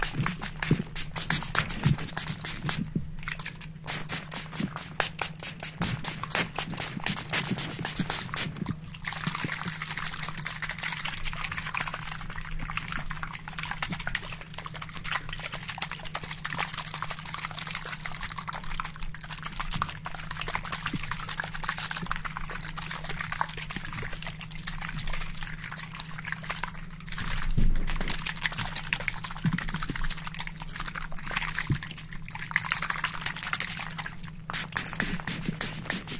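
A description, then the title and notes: A spray bottle is pumped in rapid, ultra-fast bursts, the first eight seconds a quick stutter of sharp spritzes, then a near-continuous bright hiss broken by short pauses around 9, 27 and 33 seconds. A steady low hum runs underneath throughout. Ultra Fast RAW Barbershop SPRAY Bottle Sounds.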